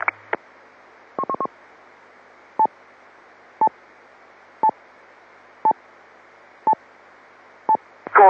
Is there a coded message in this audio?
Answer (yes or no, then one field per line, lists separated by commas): no